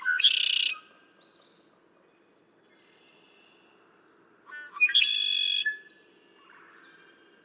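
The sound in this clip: Red-winged blackbird gives two buzzy trilled songs, separated by a run of about a dozen quick, high, thin chip notes; a lone chip follows.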